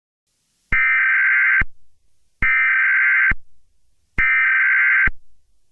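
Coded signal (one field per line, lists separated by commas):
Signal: Emergency Alert System (SAME) tones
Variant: header bursts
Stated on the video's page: Fictional EAS scenario.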